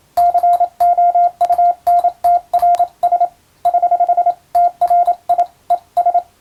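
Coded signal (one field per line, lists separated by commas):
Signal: Morse code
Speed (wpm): 27 wpm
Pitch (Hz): 700 Hz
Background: radio noise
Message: COUNTRS <HH> TRI ES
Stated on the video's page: Morse receiving practice in the style of radiotelegraph operator school training, using a European-language telegram sending practice book.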